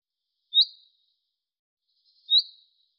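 Bird calls: two quick, high chirps about two seconds apart, otherwise silent.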